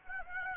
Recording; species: mosquito wingbeat signal from an infrared sensor; Aedes aegypti